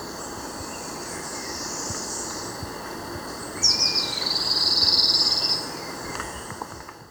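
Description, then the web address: Foothill elaenia uttering one high, buzzy trilled note lasting about two seconds, with a faint steady tone and background hiss throughout. Recorded in Ecuador. "Birds of Ecuador 3-08 Foothill Elaenia"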